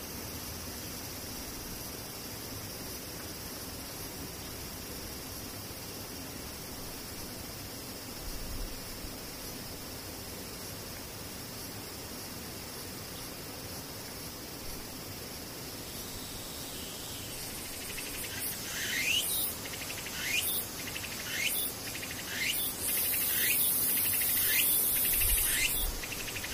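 Cicadas hum in a steady, thin high-pitched drone for the first seventeen seconds or so. Then a louder cicada cuts in with rapid, rasping pulses repeating about once a second, growing stronger toward the end over a low background hiss.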